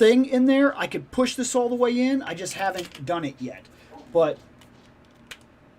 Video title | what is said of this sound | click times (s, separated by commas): Live Vote Unbox Hangout 10/1/2025 | looks like after you do push it in, cuz you hear you heard it popped, it's they're easy to take out as well. | 5.3 s